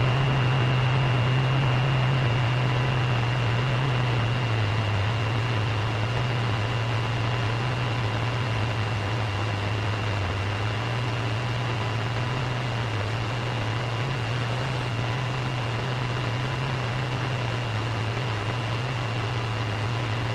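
Radio interference: a constant, unbroken hiss with a low wavering hum underneath and faint steady whining tones above, unchanging for the whole clip.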